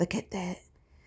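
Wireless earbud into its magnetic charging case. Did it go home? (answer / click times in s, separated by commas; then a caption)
no / none. A left Sudio Tolv matte black wireless earbud is handled over its magnetic slot in the plastic charging case while someone talks briefly. Nothing has seated or clicked yet; the earbud has not snapped into the case.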